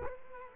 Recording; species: mosquito wingbeat signal from an infrared sensor; Culex quinquefasciatus